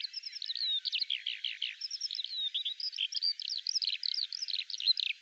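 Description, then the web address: A bird sings a hurried chatter of downslurred notes and high chips, with quick trilled bursts, continuing throughout. "Deverinetal 2025 File cleaned normalized Bird Al Ar"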